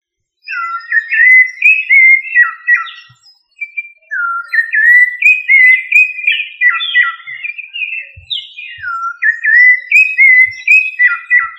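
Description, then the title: Thrush song of rich, fluty whistled phrases, each a run of slurred notes, with one brief pause. "Familia Turdidae - Sabia"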